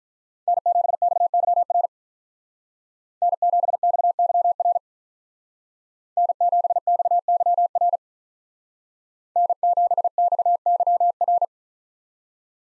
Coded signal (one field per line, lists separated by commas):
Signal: Morse code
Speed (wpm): 44 wpm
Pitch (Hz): 700 Hz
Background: none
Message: N7XYR N7XYR N7XYR N7XYR